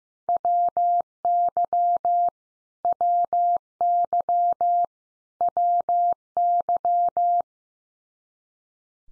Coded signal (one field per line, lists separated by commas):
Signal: Morse code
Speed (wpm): 15 wpm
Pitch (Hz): 700 Hz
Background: none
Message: WY WY WY